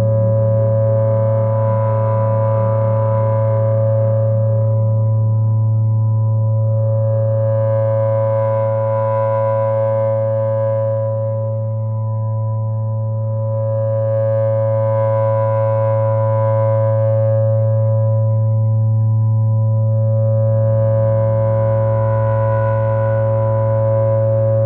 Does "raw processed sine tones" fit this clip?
yes